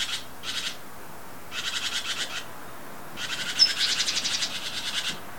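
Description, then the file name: Great tit scolding with several harsh, buzzy rattles of rapid pulses, the last one longest. "Parus major"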